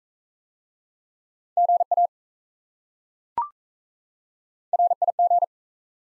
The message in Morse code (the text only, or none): GA RIG